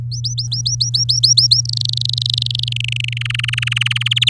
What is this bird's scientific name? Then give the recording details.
Serinus canaria. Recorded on 9 May 2018 at 06:01. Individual llb16